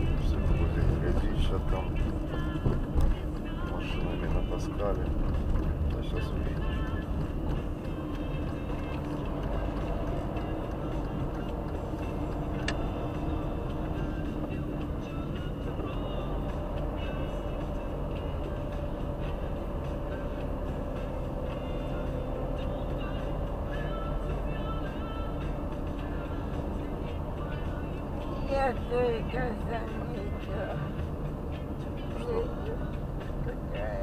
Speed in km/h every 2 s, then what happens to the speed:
30, 28, 26, 22, 29, 30, 26, 26, 24, 25, 24, 23, 25, 29, 30, 23, 27.
0-5 slows to 22. 15-23 steady at about 24. 23-26 speeds up to 29. 26-34 steady at about 27.